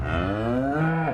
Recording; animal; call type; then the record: contact call of a hoofed animal; cattle; low-frequency (closed-mouth) or high-frequency (open-mouth) call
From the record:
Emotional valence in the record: negative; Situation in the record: full separation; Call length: 1.14 s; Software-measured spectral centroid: 1060 Hz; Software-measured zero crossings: 1100 a second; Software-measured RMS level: -24 dBFS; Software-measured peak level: -13 dBFS